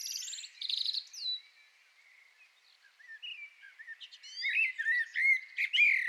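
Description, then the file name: Common blackbird song, high squeaky twitters at first, a quiet pause, then a sequence of whistles and chirps growing louder. "Turdus merula"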